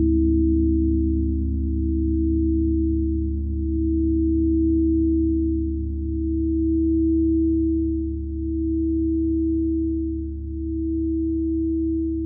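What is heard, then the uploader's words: Singing bowls hum in a sustained, low drone that never breaks across the twelve seconds. Several steady tones stack beneath a brighter ring, and the loudness swells and dips in slow, gentle waves about every two seconds, with no strikes or other sounds. Soundscape singing bowls.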